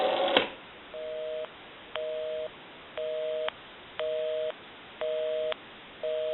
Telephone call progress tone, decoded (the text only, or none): busy tone